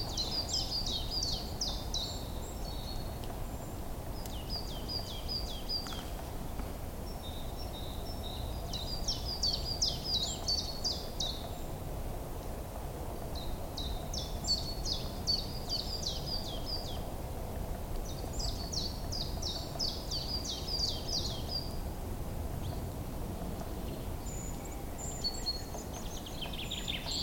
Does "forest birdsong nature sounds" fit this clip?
yes